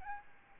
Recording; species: mosquito wingbeat signal from an infrared sensor; Aedes albopictus